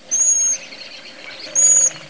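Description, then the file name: Cedar waxwing giving two thin, very high, drawn-out lisping whistles, each under half a second long, separated by a pause of about a second. "cedw"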